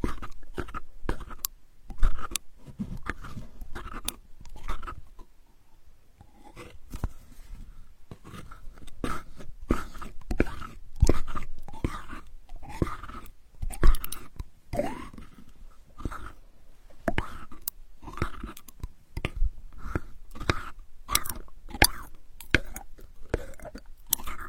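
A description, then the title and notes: Sandalwood being tapped in quick, uneven bursts of sharp, dry clicks, each with a short woody ring in the middle range. The taps come several per second, with a brief sparse lull around five to seven seconds before the steady rhythm resumes. Healing sandalwood tapping experience SPA.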